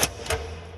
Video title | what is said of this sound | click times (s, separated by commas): Project Legendary: Chopped breathers & Hidden latches installed!!! | snapped in place and done we got shorter breather now | 0.0 s, 0.3 s